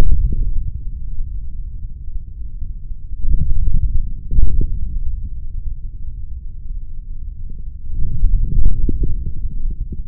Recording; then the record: forearm muscle sounds (acoustic myography)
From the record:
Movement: forearm pronation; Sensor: system 3, bracelet of six PUI Audio POM-2738L microphones around the upper forearm, with dedicated amplification and filtering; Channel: 1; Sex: male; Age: 26 years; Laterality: right